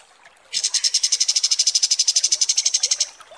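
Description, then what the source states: Kapas tembak song: a rapid, even trill of high, buzzy pulses, held steady for roughly two and a half seconds, then stopping abruptly. Masteran training recording of kapas tembak song, used for tutoring birds.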